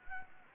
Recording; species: mosquito wingbeat signal from an infrared sensor; Anopheles gambiae